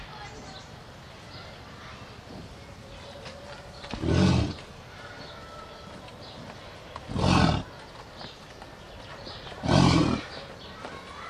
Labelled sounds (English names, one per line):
American Bison call